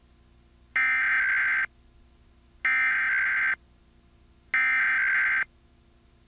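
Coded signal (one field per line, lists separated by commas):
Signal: Emergency Alert System (SAME) tones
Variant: header bursts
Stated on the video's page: Comcast cable Maryland Required Monthly Test, recorded off Nicktoons during SpongeBob SquarePants.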